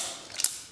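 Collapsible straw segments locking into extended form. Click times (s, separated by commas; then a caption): 0.4 s. A telescoping reusable Finalstraw is popped out of its keychain case and extended, with a faint sliding rustle before its segments lock. Two sharp mechanical clicks follow at 0.4 and 0.4 seconds, the second louder and brighter. The straw segments seat firmly in the extended position.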